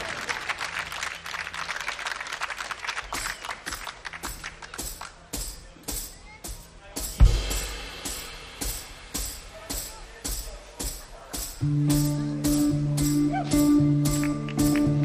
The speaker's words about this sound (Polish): Przypomnę, że trwa w Gdyni Lato z Radiem Festiwal. Są brawa, to przełączamy się.